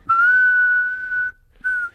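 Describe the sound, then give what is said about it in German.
Someone whistles a tune: one long, steady note held for over a second with a slight rise in pitch, then a short pause and a brief second note. Clear and fairly loud, with no talking. “Wo einer so pfeift am Anfang.”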